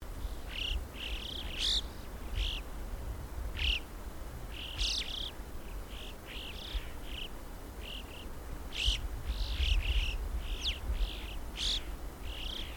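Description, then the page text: Alpine chough calls: many high, curving whistled notes, coming in irregular bursts throughout, over a soft low rumble. "Christian Brinkman - Альпийская галка (Pyrrhocorax graculus)"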